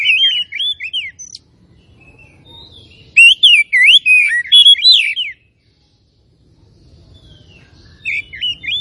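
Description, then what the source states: Oriental magpie-robin song: loud zigzagging whistles and chattering notes in two main bursts with a short silence between, ending with a brief softer phrase. Kacer from Tretes, singing in full active song (gacor).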